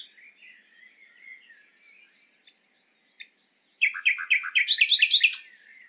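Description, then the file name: Common nightingale singing: soft warbled notes and three thin high whistles, then a loud rapid run of repeated liquid chirps. "Luscinia megarhynchos"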